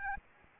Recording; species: mosquito wingbeat signal from an infrared sensor; Aedes albopictus